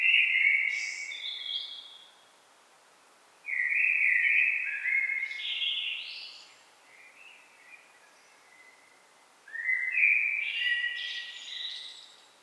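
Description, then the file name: Common blackbird song: three mellow warbled phrases, each ending in a higher, thin twitter, with pauses between them. "Turdus merula"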